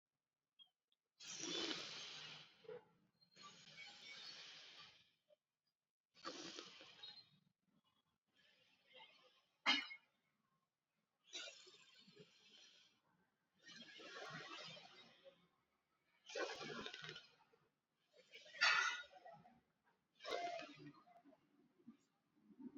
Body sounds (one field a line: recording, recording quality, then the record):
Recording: deep breathing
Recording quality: excellent, no background noise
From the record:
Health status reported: COVID-19 positive, mild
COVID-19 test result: positive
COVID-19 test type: RT-PCR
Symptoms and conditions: cough, cold, fever, fatigue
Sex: female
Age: 33 years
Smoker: no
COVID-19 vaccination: both doses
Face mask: not worn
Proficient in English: yes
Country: India